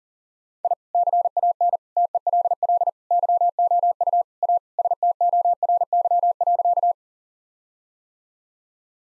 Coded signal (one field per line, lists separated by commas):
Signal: Morse code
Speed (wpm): 40 wpm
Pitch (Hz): 700 Hz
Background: none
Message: I CAN TELL YOU A STORY.